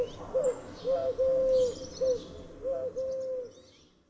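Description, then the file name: Eurasian collared dove uttering a short series of low, hollow coos, two of the notes drawn out longer, over a quiet background with faint chirps. "sierpowka"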